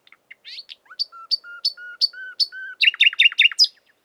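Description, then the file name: Common nightingale singing: a brief sweep, then a row of several pure, steady whistled notes, ending in a fast burst of loud chattering notes. "Luscinia megarhynchos"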